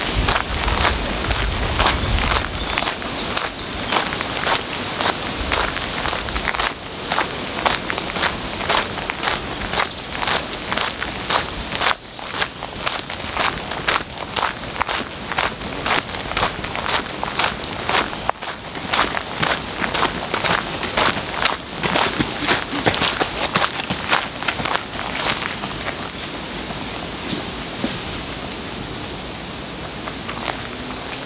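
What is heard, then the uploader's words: Footsteps crunch steadily along a path by the river in Odense, a regular rhythm of roughly two steps per second that continues for the whole clip. Birds chirp high above, clearest in the first several seconds, and a low rumble fades out early on. Sounds along the river in Odense, Denmark.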